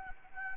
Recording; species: mosquito wingbeat signal from an infrared sensor; Anopheles gambiae